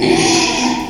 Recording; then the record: squeal of a Yucatan mini pig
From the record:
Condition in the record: after surgery on the right vocal fold (resection and tissue-engineered implant); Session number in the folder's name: 2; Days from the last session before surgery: 13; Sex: male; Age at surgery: 12 weeks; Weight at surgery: 13 kg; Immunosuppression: cyclosporine, prednisolone